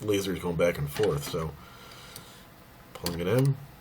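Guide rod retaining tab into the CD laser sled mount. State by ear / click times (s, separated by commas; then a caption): not seated / none. During a laser install on a Sega CD Model 1, the guide rod is being pulled through the CD laser sled mount with pliers so its retaining tab will pop into place. Someone talks over a few faint handling sounds, including a brief tick at 2.2 s, and nothing has seated or clicked into place yet.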